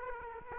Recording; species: mosquito wingbeat signal from an infrared sensor; Aedes aegypti